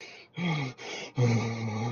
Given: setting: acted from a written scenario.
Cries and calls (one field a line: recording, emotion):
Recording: vocal sound without words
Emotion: contempt